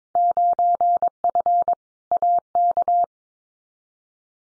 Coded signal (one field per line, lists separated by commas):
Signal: Morse code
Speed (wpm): 22 wpm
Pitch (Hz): 700 Hz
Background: none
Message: 9F AK